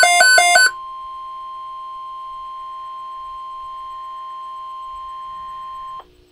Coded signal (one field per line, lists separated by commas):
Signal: Emergency Alert System (SAME) tones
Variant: 1050 Hz attention tone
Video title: EAS #523 - Flash Flood Watch (9/18/2012)